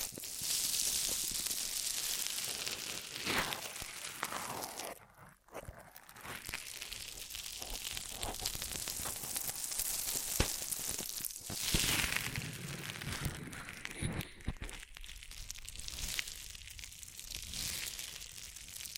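Ear massage triggers: a dense, steady run of crinkling, rustling and scratchy rubbing with a bright hiss on top and soft thumps beneath. The texture shifts every few seconds, with a brief near-silent gap around five seconds and sharper crackles near twelve seconds.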